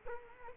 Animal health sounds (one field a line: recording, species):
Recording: mosquito wingbeat signal from an infrared sensor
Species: Culex quinquefasciatus